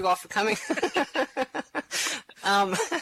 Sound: laughter